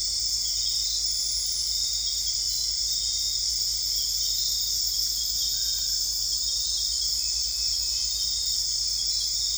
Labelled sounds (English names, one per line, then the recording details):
none
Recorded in dense forest near Puerto Asís, Putumayo, Colombia, on 21 December 2024 at 00:00
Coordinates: 0.485, -76.318
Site GP03